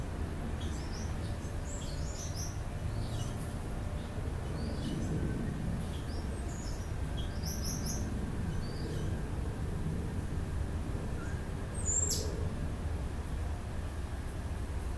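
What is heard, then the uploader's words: Birds call and chirp through a steady, low rumble of traffic. Short bright chirps and trills come every second or so from several birds, with a sharper, louder call near twelve seconds. The deep hum never lets up. Birds awaken by Juraj Kojš.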